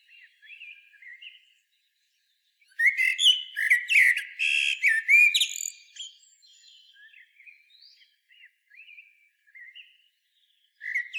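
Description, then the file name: Eurasian blackbird song: a loud warbled phrase of fluty whistles ending in squeaky high twitters, framed by soft, thin, scratchy notes before and after. "Turdus merula"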